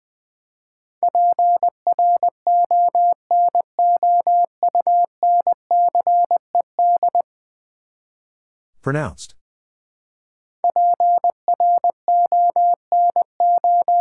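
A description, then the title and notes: A steady single-pitch tone beeps out Morse code, short and long pulses in quick groups from about 1 to 7 seconds, then again from roughly 10.5 seconds to the end. In the silent gap near 9 seconds comes a brief sweeping, rustling sound. Ten Letter Words - 20wpm. First, the word is sent in Morse code.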